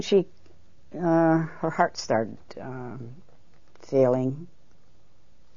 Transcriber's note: none